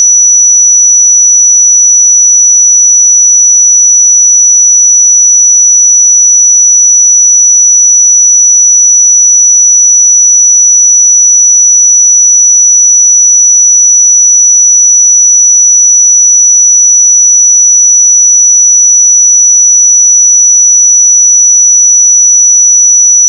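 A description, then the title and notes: A pure 5906 Hz sine tone holds perfectly steady and unbroken at constant loudness for the whole clip, thin and piercingly high, with nothing else. 5906 Hz 1 Hz Interval Sine Pure Tone Frequency 441000 Sample Mono.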